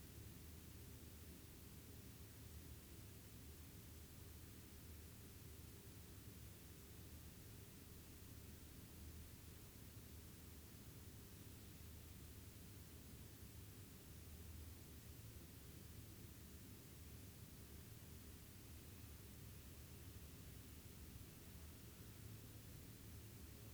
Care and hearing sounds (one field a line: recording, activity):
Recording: daily activity, guitar pickup as the sensor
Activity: sit